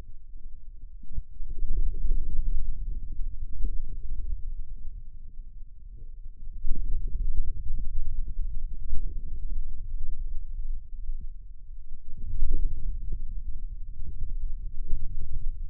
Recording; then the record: forearm muscle sounds (acoustic myography)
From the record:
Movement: radial deviation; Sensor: system 2, bracelet of six BSWA MPA416 microphones around the upper forearm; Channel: 6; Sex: male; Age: 22 years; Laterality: right